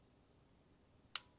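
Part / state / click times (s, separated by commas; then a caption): torque wrench on transmission pan bolt / torque reached / 1.2 s. A click-type torque wrench tightens a transmission pan bolt while replacing the transmission pan gasket on a 1959 Ford F100. Low background noise runs until a single sharp, bright click at 1.2 seconds. The wrench clicks at its setting, confirming the bolt is torqued.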